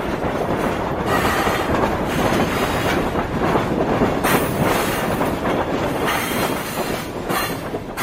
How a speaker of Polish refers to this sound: Potem wstał, ale zaraz skulił się w podmuchu huczącego pociągu.